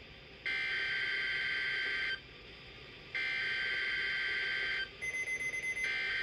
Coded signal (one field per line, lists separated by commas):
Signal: Emergency Alert System (SAME) tones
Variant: header bursts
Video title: WNG586 Required Weekly Test - 5/31/23 - EAS 925